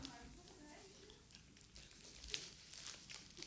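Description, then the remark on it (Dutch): Sweet wrappers crinkle and rustle in irregular, crackly bursts as a woman puts a sweet in her mouth and fiddles with the papers; the bursts grow busier toward the end, with a faint murmur of voice underneath at the start. “Ze stopte een snoepje in haar mond, frutselde wat met papiertjes en gaf me toen een wat ontwijkend antwoord.”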